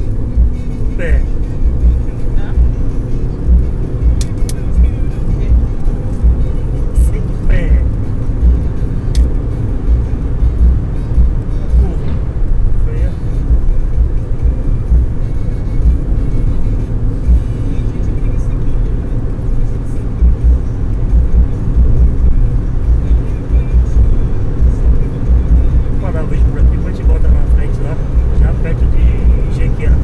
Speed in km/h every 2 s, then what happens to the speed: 90, 99, 106, 110, 114, 118, 114, 111, 112, 114, 118, 122, 126, 130, 133.
0-9 speeds up to 118. 15-30 speeds up to 133.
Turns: none.